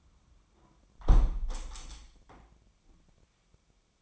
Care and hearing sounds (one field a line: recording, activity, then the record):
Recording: daily activity, microphone in the room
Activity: close window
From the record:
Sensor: 1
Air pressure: 998.0 hPa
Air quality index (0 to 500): 118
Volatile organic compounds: 3 ppm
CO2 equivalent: 1403 ppm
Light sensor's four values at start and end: 17/57/23/23 and 17/57/23/23